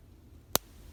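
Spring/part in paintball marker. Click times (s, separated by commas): 0.6 s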